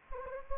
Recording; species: mosquito wingbeat signal from an infrared sensor; Anopheles gambiae